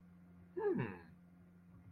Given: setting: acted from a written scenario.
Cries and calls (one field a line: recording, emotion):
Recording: vocal sound without words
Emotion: interest